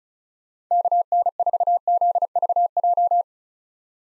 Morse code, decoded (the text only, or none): KN4ZVJ